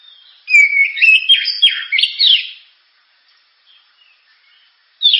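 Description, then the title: Oriental magpie-robin delivering a rapid two-second burst of loud whistles and chirps, then near silence and a brief closing note. Constantly singing ('gacor'), sharp, very loud song, described as suited as a lure ('pancingan') to prompt other birds to sing. "Kacer Gacor Suara Tajam. Kacer Gacor Suara Super Kenceng Cocok untuk Pancingan"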